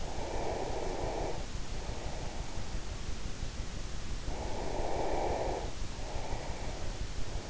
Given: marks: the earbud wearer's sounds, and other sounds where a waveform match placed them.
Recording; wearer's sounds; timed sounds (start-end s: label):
sounds in sleep by an in-ear microphone; breath
0.06-2.76 s: breath
4.03-7.50 s: breath